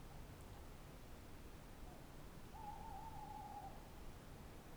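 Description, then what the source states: Tawny owl hoot, faint under steady low rumble: a soft tremulous note of about a second, quivering in pitch, with a weaker hint before it. Tawny owl at night on wooded banks of the Dordogne near Limeuil, Alles-sur-Dordogne, France, under a starry sky; end of Cadouin festival; recorded with Sonosax SX-R4+ and DPA 4022 microphones.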